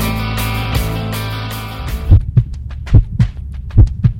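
A sustained, humming musical drone cuts out, leaving a heartbeat: three double thumps, low and heavy, in a steady lub-dub rhythm.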